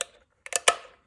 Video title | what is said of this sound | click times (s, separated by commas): 2005 V6 4 Runner fuel pump replacement/rebuild | And then we'll slide it down and hear that click from this. | 0.6 s, 0.7 s